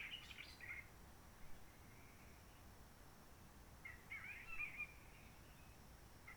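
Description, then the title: Réunion bulbul giving a few short warbled phrases, the clearest at the start and just past midway, over quiet low background noise. Roche Merveilleuse forest, Réunion; quiet since the 19 March 2020 lockdown, no hikers, microlights or helicopters; sunny blue sky; birds not very active; sings simpler short phrases, adapted to past noise pollution. "Roche Merveilleuse, Réunion - Merle de lîle de la Réunion."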